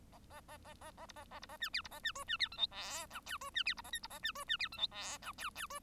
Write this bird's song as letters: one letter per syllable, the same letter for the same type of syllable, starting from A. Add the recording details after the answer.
A A A A A A B A A B A C D B A C E C D F G H I J E C D B A K B A C E C D F G H I J J E. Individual Bird1